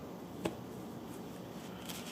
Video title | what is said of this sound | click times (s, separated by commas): HM-01 full build part 1 | snapped in place right like so | 0.5 s